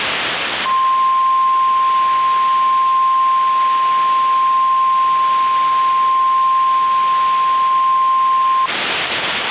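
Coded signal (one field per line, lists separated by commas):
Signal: Emergency Alert System (SAME) tones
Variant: 1050 Hz attention tone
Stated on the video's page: Recreated mock EAS Maryland tornado drill made with a macro combo.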